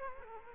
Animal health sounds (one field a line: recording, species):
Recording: mosquito wingbeat signal from an infrared sensor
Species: Culex quinquefasciatus